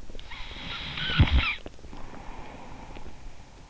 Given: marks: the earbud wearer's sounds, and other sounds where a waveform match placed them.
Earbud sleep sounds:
sounds in sleep by an in-ear microphone; snoring breath
0.17-3.37 s: snoring breath

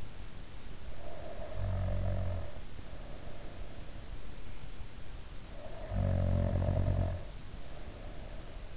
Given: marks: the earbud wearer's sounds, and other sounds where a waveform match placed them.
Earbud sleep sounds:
sounds in sleep by an in-ear microphone; snoring breath
0.89-3.80 s: snoring breath
5.41-8.77 s: snoring breath

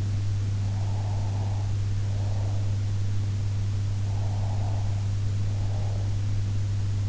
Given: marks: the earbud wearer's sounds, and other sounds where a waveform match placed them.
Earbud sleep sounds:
sounds in sleep by an in-ear microphone; breath
0.64-2.87 s: breath
3.96-6.36 s: breath

